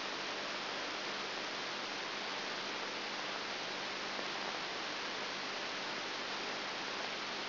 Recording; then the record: brain microelectrode recording played as sound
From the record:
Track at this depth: outside the subthalamic nucleus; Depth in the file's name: 0.506 mm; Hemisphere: left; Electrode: 3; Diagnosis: Parkinson's disease